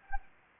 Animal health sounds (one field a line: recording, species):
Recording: mosquito wingbeat signal from an infrared sensor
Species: Anopheles arabiensis